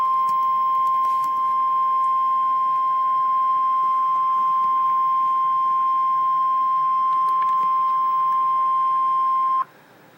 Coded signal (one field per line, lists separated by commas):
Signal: Emergency Alert System (SAME) tones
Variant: 1050 Hz attention tone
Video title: REAL EAS 667-Severe thunderstorm warning